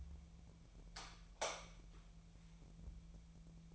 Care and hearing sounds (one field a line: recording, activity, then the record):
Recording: daily activity, microphone in the room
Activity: light off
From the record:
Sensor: 1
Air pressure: 1000.0 hPa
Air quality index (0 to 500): 128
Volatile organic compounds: 2 ppm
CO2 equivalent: 1211 ppm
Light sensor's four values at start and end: 44/116/48/58 and 40/102/43/53